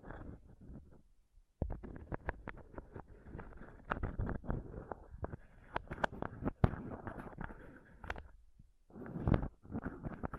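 Scratching and touching on a microphone, a dense run of sharp crackles, taps and rubbing thumps with a low rumble underneath. The sound stops briefly near the start, again just after eight seconds, then resumes, with a few louder hits around six and nine seconds.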